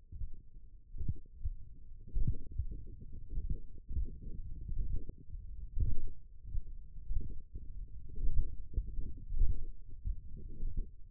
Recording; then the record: forearm muscle sounds (acoustic myography)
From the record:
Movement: finger pinch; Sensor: system 1, eight BSWA MPA416 microphones around the upper forearm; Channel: 3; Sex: male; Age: 21 years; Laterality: right